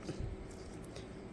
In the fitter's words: Controller के साथ आप माइक्स को कनेक्ट करो। टक्कर के साउंड आएगा।